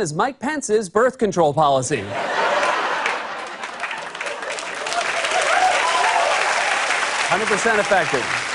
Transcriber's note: laughter, applause